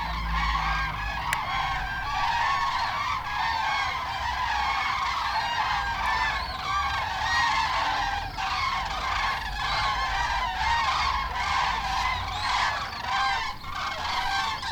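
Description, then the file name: Goose: geese giving a steady chorus of overlapping honks, a continuous clamor of nasal calls with little pause, plus a low rumble underneath. "Wild Geese"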